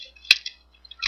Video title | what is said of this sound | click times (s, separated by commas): Triple Threat Video Review - Transformers Animated Bumblebee (Deluxe, Activators,Legends) Part 1/2 | over top like so and they snap into place this Hood piece folds down to cover it up | 0.3 s